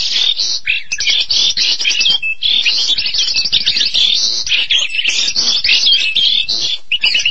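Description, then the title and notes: Starling giving a fast, rambling song of harsh chatters, squeaks and short whistled glides, with a few tiny breaks between bursts. "suara burung jalak"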